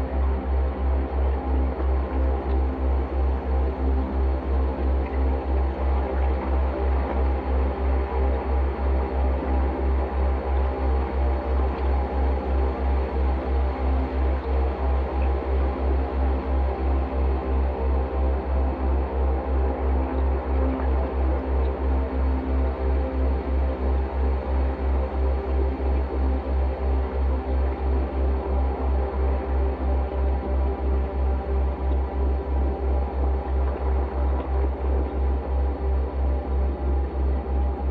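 A dishwasher recording slowed into a dense, swirling drone. A heavy low hum sits steady underneath, with layered ringing tones and a faint grainy shimmer above that waver slightly but never break. The level stays even for the whole stretch, with no distinct events.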